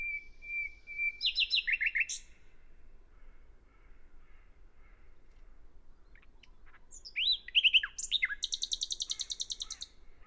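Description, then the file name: Common nightingale singing two phrases: a long even whistle leading into fast repeated notes, then after a pause a varied phrase ending in a long rapid rattling trill. "Luscinia megarhynchos"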